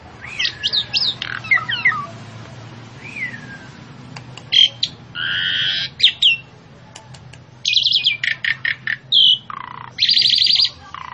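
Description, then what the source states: Javan pied starling calls: a varied run of whistled slurs, harsh buzzy bursts and sharp chirps, loud and uneven, with a low steady hum beneath. Female, vocal and persistent calling.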